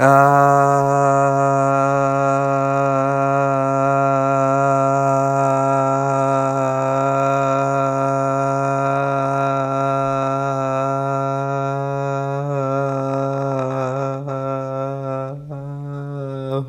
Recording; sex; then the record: sustained vowel /a/; male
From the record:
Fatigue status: no fatigue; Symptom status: asymptomatic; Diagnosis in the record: COVID-19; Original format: m4a